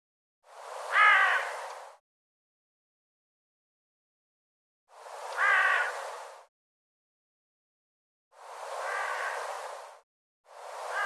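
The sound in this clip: Bird repeating rasping, harmonic calls, four in all, the third softer and flatter, separated by complete silence.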